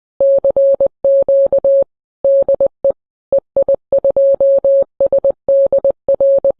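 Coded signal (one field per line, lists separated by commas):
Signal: Morse code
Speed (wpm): 20 wpm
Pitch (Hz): 550 Hz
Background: none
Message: CQ DE EI2SDR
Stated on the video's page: Grimeton longwave station, an Alexanderson alternator transmitter, still active.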